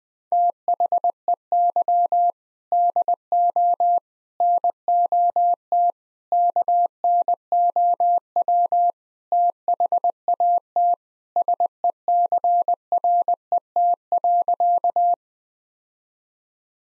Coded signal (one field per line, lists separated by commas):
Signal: Morse code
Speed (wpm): 20 wpm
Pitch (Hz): 700 Hz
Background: none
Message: THEY DO NOT KNOW THAT SECRET.